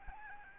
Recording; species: mosquito wingbeat signal from an infrared sensor; Aedes albopictus